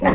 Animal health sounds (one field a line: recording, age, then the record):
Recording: pig call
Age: piglet (1 to 25 days)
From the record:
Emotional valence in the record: positive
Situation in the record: reunion after long isolation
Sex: female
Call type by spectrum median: low-frequency call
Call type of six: low-frequency tonal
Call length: 0.15 s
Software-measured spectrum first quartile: 336 Hz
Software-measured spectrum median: 639 Hz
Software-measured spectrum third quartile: 1305 Hz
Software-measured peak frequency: 554 Hz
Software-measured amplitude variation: 99 dB a second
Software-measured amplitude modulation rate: 6.9 a second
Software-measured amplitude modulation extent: 14.4 dB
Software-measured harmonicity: -0.2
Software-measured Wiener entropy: -1.19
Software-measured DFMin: 962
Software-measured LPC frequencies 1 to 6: 527, 926, 1907, 4079, 4527, 5575 Hz